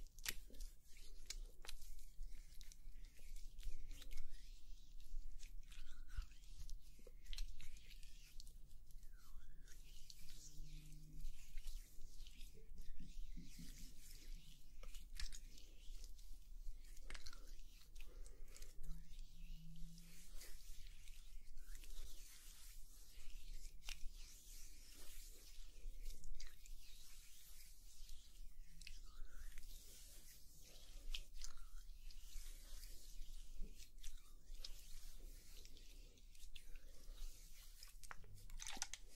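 Oil massage and facial sounds: slick, wet rubbing and soft crackles fill the whole 39 seconds in dense, steady layers. Quick clicks and pops scatter throughout, with a low continuous hum underneath and brief murmured tones around 10 and 20 seconds.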